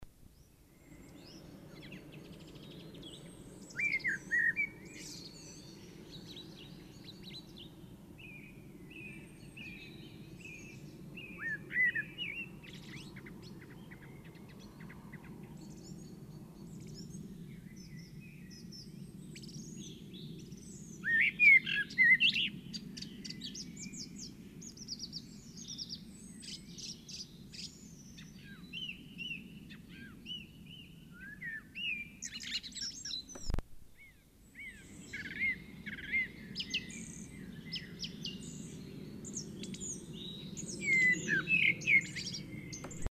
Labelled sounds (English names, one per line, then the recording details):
Common Blackbird song
Song Thrush
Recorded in the wild
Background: Turdus philomelos
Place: Kaiserslautern, Rheinland-Pfalz, DE
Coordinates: 49.3939, 7.30611
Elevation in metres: 313
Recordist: Tretzel, Erwin
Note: Aufnahme Ende März 1974, Jagdhausweiher, Kaiserslautern: Gesang